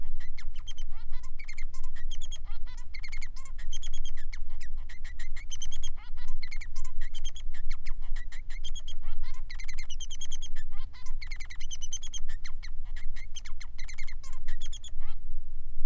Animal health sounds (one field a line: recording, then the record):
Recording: song of a male Bengalese finch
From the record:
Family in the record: son of father 3